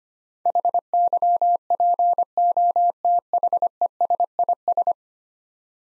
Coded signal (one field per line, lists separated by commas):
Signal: Morse code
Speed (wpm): 25 wpm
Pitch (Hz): 700 Hz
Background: none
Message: HYPOTHESIS